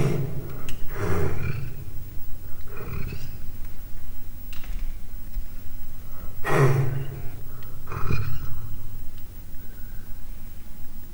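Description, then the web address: Leopard cub growling in low, rough bursts, several main grunting growls spread over eleven seconds, with quieter breathy huffs between them. Three-month-old leopard cub growling, captive in a zoo in Miskolc, Hungary, recorded in 2009. "miskolcizoo 2009 leopard haromhonaposkolyokmorgasaparcentirol"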